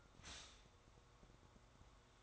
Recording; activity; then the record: daily activity, microphone in the room; stop toaster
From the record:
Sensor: 3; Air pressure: 1004.2 hPa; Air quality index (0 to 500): 200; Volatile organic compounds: 15 ppm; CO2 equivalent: 2506 ppm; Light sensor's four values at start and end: 4/11/4/4 and 4/11/4/4